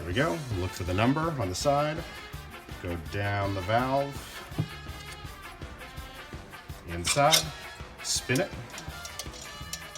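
Someone talks over music while the second trumpet piston valve is lowered into its valve casing and spun so its guide can find the slot. Brief faint ticks occur near 9.2 and 9.7 s, but the valve guide has not clicked into its slot or seated yet.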